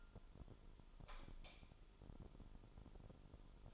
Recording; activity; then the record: daily activity, microphone in the room; light off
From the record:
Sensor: 5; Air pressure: 988.5 hPa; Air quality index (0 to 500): 216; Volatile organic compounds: 114 ppm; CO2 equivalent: 3842 ppm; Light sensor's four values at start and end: 45/136/53/56 and 43/130/51/54